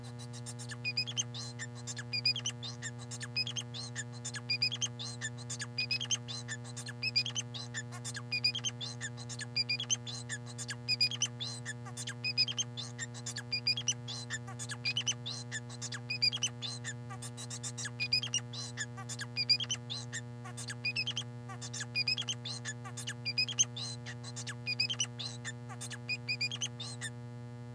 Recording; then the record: song of a male Bengalese finch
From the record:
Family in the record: son of father 4